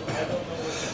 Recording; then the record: coughing mixed with background sound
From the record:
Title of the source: Cough Around the Clock!